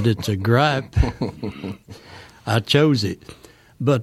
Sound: soundbite of laughter

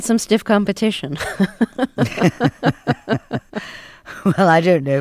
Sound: soundbite of laughter

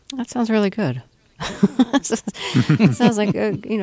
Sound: soundbite of laughter

